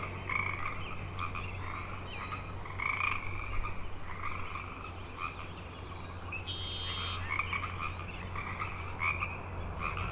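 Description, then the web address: Chorus of frogs trilling in overlapping waves over a strong low hum, with a brief buzzy high burst midway. Frog chorus on Grafton Lake, recorded 3 May 2009. "The Frog Chorus Tunes Up On Grafton Lake frogs 090503"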